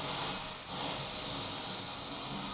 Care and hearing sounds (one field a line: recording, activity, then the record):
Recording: daily activity, microphone in the room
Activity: vacuum cleaning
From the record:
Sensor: 1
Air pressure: 991.8 hPa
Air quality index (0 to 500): 184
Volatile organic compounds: 1000 ppm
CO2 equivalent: 7039 ppm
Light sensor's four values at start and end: 28/99/38/38 and 28/99/38/38